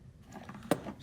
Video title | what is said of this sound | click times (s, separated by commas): DJI Mavic Pro Front Arm repair | the nose clip is not on a completely so I'll make sure it snaps into place like that now | 0.7 s